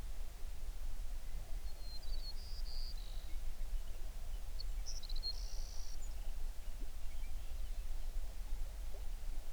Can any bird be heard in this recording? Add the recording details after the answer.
yes. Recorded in the Prudhoe Bay oil fields, Alaska, on 11 June 2019 at 05:30. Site 21